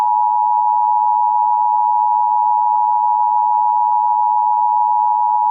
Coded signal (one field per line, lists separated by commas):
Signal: Emergency Alert System (SAME) tones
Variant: 853 and 960 Hz attention tone